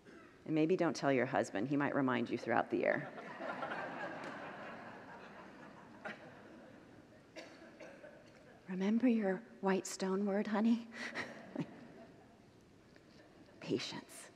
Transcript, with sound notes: And maybe don’t tell your husband; he might remind you throughout the year. [Congregants laugh] “Remember your white stone word, honey?” Patience.